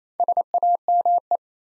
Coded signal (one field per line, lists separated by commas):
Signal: Morse code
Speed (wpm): 28 wpm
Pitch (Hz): 700 Hz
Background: none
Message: SAME